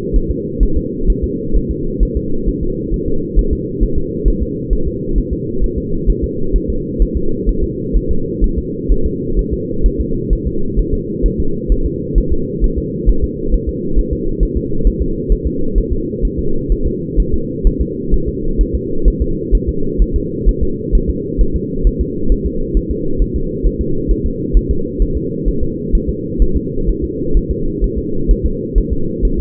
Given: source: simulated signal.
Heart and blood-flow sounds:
fetal heart sounds
0.16 s: S1
0.31 s: S2
0.63 s: S1
0.77 s: S2
1.10 s: S1
1.24 s: S2
1.56 s: S1
1.71 s: S2
2.03 s: S1
2.17 s: S2
2.49 s: S1
2.63 s: S2
2.94 s: S1
3.08 s: S2
3.39 s: S1
3.53 s: S2
3.83 s: S1
3.98 s: S2
4.28 s: S1
4.43 s: S2
4.73 s: S1
4.87 s: S2
5.18 s: S1
5.33 s: S2
5.64 s: S1
5.78 s: S2
6.10 s: S1
6.24 s: S2
6.56 s: S1
6.70 s: S2
7.02 s: S1
7.17 s: S2
7.49 s: S1
7.63 s: S2
7.97 s: S1
8.11 s: S2
8.44 s: S1
8.58 s: S2
8.92 s: S1
9.06 s: S2
9.39 s: S1
9.53 s: S2
9.86 s: S1
10.00 s: S2
10.33 s: S1
10.47 s: S2
10.79 s: S1
10.94 s: S2
11.26 s: S1
11.40 s: S2
11.72 s: S1
11.86 s: S2
12.18 s: S1
12.32 s: S2
12.64 s: S1
12.78 s: S2
13.09 s: S1
13.24 s: S2
13.54 s: S1
13.69 s: S2
13.99 s: S1
14.13 s: S2
14.43 s: S1
14.57 s: S2
14.87 s: S1
15.02 s: S2
15.32 s: S1
15.47 s: S2
15.78 s: S1
15.93 s: S2
16.25 s: S1
16.39 s: S2
16.72 s: S1
16.87 s: S2
17.20 s: S1
17.34 s: S2
17.67 s: S1
17.81 s: S2
18.14 s: S1
18.28 s: S2
18.61 s: S1
18.75 s: S2
19.08 s: S1
19.22 s: S2
19.55 s: S1
19.69 s: S2
20.02 s: S1
20.16 s: S2
20.49 s: S1
20.63 s: S2
20.95 s: S1
21.09 s: S2
21.41 s: S1
21.56 s: S2
21.87 s: S1
22.01 s: S2
22.32 s: S1
22.46 s: S2
22.77 s: S1
22.91 s: S2
23.22 s: S1
23.36 s: S2
23.66 s: S1
23.81 s: S2
24.11 s: S1
24.26 s: S2
24.57 s: S1
24.71 s: S2
25.02 s: S1
25.17 s: S2
25.48 s: S1
25.63 s: S2
25.95 s: S1
26.09 s: S2
26.42 s: S1
26.56 s: S2
26.89 s: S1
27.04 s: S2
27.37 s: S1
27.51 s: S2
27.84 s: S1
27.98 s: S2
28.31 s: S1
28.45 s: S2
28.78 s: S1
28.93 s: S2
29.25 s: S1
29.40 s: S2
From the record:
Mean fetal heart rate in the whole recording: 130 bpm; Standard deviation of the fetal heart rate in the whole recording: 2 bpm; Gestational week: 36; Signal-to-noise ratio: -8.1 dB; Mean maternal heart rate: 72 bpm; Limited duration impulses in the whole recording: absent

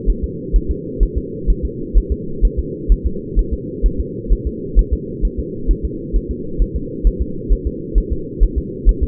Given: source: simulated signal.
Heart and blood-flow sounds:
fetal heart sounds
0.10 s: S1
0.24 s: S2
0.56 s: S1
0.71 s: S2
1.03 s: S1
1.18 s: S2
1.50 s: S1
1.65 s: S2
1.98 s: S1
2.12 s: S2
2.45 s: S1
2.59 s: S2
2.92 s: S1
3.07 s: S2
3.39 s: S1
3.54 s: S2
3.86 s: S1
4.00 s: S2
4.32 s: S1
4.47 s: S2
4.79 s: S1
4.93 s: S2
5.25 s: S1
5.39 s: S2
5.71 s: S1
5.85 s: S2
6.16 s: S1
6.31 s: S2
6.62 s: S1
6.76 s: S2
7.07 s: S1
7.22 s: S2
7.53 s: S1
7.67 s: S2
7.98 s: S1
8.12 s: S2
8.43 s: S1
8.58 s: S2
8.89 s: S1
9.03 s: S2
From the record:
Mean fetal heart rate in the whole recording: 130 bpm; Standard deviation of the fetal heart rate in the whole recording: 2 bpm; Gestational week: 36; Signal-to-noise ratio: -4.3 dB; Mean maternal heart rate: 72 bpm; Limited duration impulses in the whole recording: absent

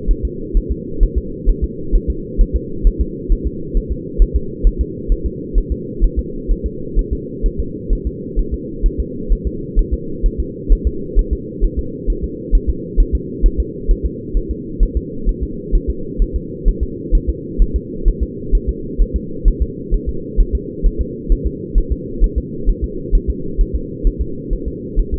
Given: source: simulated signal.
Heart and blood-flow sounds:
fetal heart sounds
0.11 s: S1
0.25 s: S2
0.57 s: S1
0.72 s: S2
1.03 s: S1
1.18 s: S2
1.49 s: S1
1.64 s: S2
1.95 s: S1
2.10 s: S2
2.41 s: S1
2.56 s: S2
2.87 s: S1
3.01 s: S2
3.32 s: S1
3.47 s: S2
3.77 s: S1
3.92 s: S2
4.22 s: S1
4.36 s: S2
4.67 s: S1
4.81 s: S2
5.12 s: S1
5.26 s: S2
5.58 s: S1
5.72 s: S2
6.04 s: S1
6.19 s: S2
6.52 s: S1
6.66 s: S2
6.99 s: S1
7.13 s: S2
7.46 s: S1
7.60 s: S2
7.93 s: S1
8.07 s: S2
8.39 s: S1
8.54 s: S2
8.86 s: S1
9.00 s: S2
9.33 s: S1
9.47 s: S2
9.79 s: S1
9.94 s: S2
10.26 s: S1
10.40 s: S2
10.73 s: S1
10.87 s: S2
11.19 s: S1
11.33 s: S2
11.65 s: S1
11.79 s: S2
12.10 s: S1
12.24 s: S2
12.55 s: S1
12.70 s: S2
13.00 s: S1
13.15 s: S2
13.46 s: S1
13.60 s: S2
13.91 s: S1
14.06 s: S2
14.37 s: S1
14.51 s: S2
14.83 s: S1
14.97 s: S2
15.29 s: S1
15.43 s: S2
15.75 s: S1
15.90 s: S2
16.22 s: S1
16.36 s: S2
16.68 s: S1
16.83 s: S2
17.15 s: S1
17.29 s: S2
17.62 s: S1
17.76 s: S2
18.08 s: S1
18.23 s: S2
18.55 s: S1
18.69 s: S2
19.02 s: S1
19.16 s: S2
19.48 s: S1
19.62 s: S2
19.94 s: S1
20.09 s: S2
20.41 s: S1
20.55 s: S2
20.86 s: S1
21.01 s: S2
21.32 s: S1
21.47 s: S2
21.78 s: S1
21.92 s: S2
22.24 s: S1
22.38 s: S2
22.70 s: S1
22.84 s: S2
23.15 s: S1
23.30 s: S2
23.61 s: S1
23.76 s: S2
24.07 s: S1
24.22 s: S2
24.53 s: S1
24.68 s: S2
25.00 s: S1
25.14 s: S2
From the record:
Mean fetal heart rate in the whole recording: 130 bpm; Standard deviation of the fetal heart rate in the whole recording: 2 bpm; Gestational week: 38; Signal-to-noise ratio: -4.3 dB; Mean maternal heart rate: 72 bpm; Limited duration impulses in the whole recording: absent

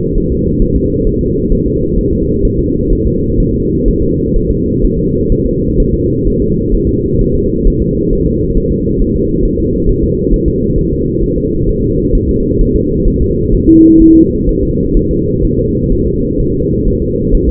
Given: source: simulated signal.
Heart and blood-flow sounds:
fetal heart sounds
0.18 s: S1
0.32 s: S2
0.62 s: S1
0.76 s: S2
1.07 s: S1
1.21 s: S2
1.52 s: S1
1.66 s: S2
1.98 s: S1
2.13 s: S2
2.45 s: S1
2.59 s: S2
2.92 s: S1
3.07 s: S2
3.40 s: S1
3.54 s: S2
3.88 s: S1
4.02 s: S2
4.36 s: S1
4.51 s: S2
4.84 s: S1
4.99 s: S2
5.32 s: S1
5.46 s: S2
5.80 s: S1
5.94 s: S2
6.27 s: S1
6.42 s: S2
6.75 s: S1
6.89 s: S2
7.21 s: S1
7.35 s: S2
7.67 s: S1
7.82 s: S2
8.13 s: S1
8.27 s: S2
8.58 s: S1
8.72 s: S2
9.02 s: S1
9.16 s: S2
9.45 s: S1
9.59 s: S2
9.89 s: S1
10.03 s: S2
10.34 s: S1
10.48 s: S2
10.78 s: S1
10.92 s: S2
11.24 s: S1
11.38 s: S2
11.69 s: S1
11.83 s: S2
12.15 s: S1
12.29 s: S2
12.61 s: S1
12.75 s: S2
13.08 s: S1
13.22 s: S2
13.54 s: S1
13.69 s: S2
14.02 s: S1
14.16 s: S2
14.49 s: S1
14.63 s: S2
14.97 s: S1
15.11 s: S2
15.44 s: S1
15.59 s: S2
15.92 s: S1
16.06 s: S2
16.40 s: S1
16.54 s: S2
16.88 s: S1
17.02 s: S2
17.34 s: S1
17.49 s: S2
From the record:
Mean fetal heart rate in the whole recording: 130 bpm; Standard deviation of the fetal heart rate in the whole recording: 4 bpm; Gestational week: 38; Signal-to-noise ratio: -14.7 dB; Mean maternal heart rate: 72 bpm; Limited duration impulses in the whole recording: present

